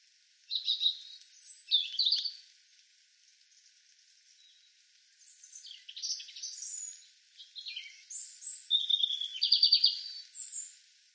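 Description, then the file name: European robin song, a run of varied high warbling phrases, thin whistles and fast trills tumbling one after another with brief gaps. "Erithacus rubecula"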